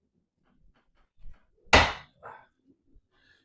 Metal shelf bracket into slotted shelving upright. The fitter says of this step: You heard the click in. There's a little recess on this little hole here. Clicks into the hole.